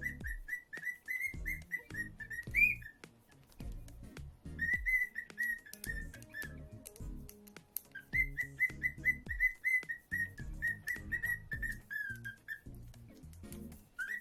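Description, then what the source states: Cockatiel giving repeated short whistled notes in quick strings with a few chirps, pausing twice before starting again, while low thumps and clicks sound underneath. Lutino colour variety.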